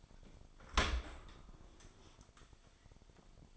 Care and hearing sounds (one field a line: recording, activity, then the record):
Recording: daily activity, microphone in the room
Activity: open dishwasher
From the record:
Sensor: 5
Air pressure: 1003.2 hPa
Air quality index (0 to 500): 138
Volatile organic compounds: 2 ppm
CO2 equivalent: 1004 ppm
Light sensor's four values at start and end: 83/203/83/95 and 65/156/65/73